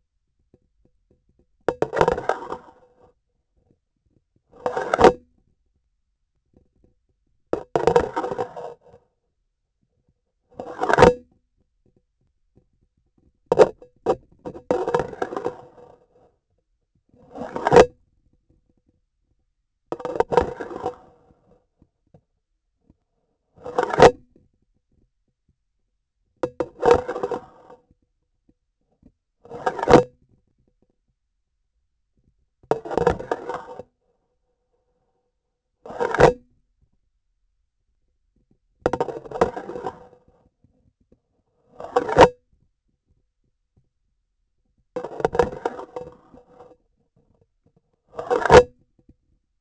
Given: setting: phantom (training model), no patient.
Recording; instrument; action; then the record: laparoscopic instrument, vibration sensor on the handle end; grasping forceps; insertion and removal through the trocar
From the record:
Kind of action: spatial motion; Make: Olympus